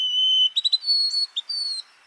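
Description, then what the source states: White-throated Sparrow whistled song: a long clear pure note, then three quick stuttering notes, then higher whistles, with one brief note between them. Young bird in spring, with overexcited hiccups in its song.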